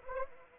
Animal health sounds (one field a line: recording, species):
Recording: mosquito wingbeat signal from an infrared sensor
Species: Anopheles arabiensis